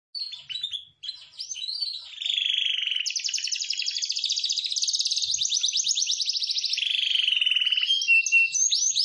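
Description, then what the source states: Atlantic canary song opening with a few scattered notes, then steady fast trills and rolls changing pitch, with brief whistled slides near the end. Canary song in the 'cengkok mewah' ornate style, presented as a master track for training white-eyes (pleci) to learn song.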